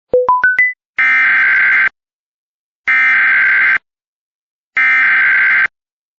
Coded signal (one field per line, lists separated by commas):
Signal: Emergency Alert System (SAME) tones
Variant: header bursts